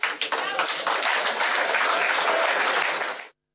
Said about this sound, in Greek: Χειροκρότησαν λίγο η αλήθεια στο τέλος, γιατί όταν λες κάτι πάρα πολύ καλό που σε εκφράζει και μέσα σε πέντε λέξεις διατυπώνει μια φιλοσοφία ενός κινήματος, ενός κόμματος, καλά κάνουν και το χειροκροτούν.